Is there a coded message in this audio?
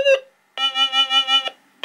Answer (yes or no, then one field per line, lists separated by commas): no